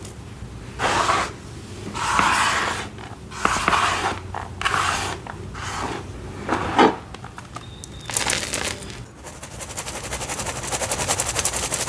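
Dyed gym chalk is crushed in a series of soft, crumbly crunches, bursts roughly every half second to second during the first eight seconds. After that the sound turns into a fast, dense crackle of tiny crumbling ticks that keeps going steadily to the end.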